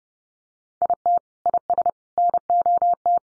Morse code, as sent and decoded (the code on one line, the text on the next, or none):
.. - / .. ... / -. --- -
IT IS NOT